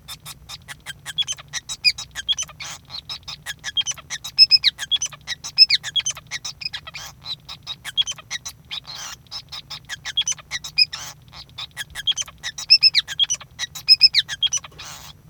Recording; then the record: song of a male Bengalese finch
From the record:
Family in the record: son of father 5